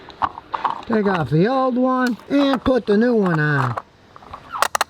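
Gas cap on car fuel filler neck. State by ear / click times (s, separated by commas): torque reached / 4.6 s, 4.8 s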